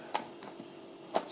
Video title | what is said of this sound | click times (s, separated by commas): Toshiba Tecra R840 keyboard replacement | into place clicks | 0.1 s